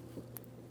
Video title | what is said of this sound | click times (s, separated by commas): How to Replace Ignition Coils 2007-2014 Ford Edge 3.5L | Audible click. Lock it in with the red locking tab. | 0.4 s